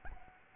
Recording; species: mosquito wingbeat signal from an infrared sensor; Aedes albopictus